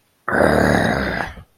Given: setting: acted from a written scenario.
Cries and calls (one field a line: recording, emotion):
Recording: vocal sound without words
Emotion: anger